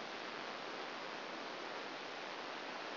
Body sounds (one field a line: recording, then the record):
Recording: brain microelectrode recording played as sound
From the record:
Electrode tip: outside the subthalamic nucleus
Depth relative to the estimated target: 3 mm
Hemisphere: right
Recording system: AlphaMap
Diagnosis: Parkinson's disease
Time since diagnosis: 11 years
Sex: female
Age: 60 years